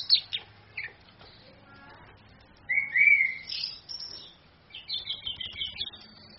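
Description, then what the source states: Orange-headed thrush song with scattered chips, a clear whistled phrase near three seconds, then a fast twittering phrase toward the end. Female bird; used to train other birds, played from a phone screen.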